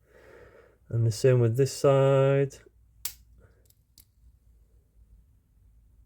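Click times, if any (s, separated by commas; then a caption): 3.1 s. Someone talks, then the second pinch roller, on the other side of a Sony TC-C5 cassette deck mechanism, is pushed onto its axle in the same way and snaps in with a sharp click at 3.1 s. A few faint ticks follow, and the roller is seated on its axle.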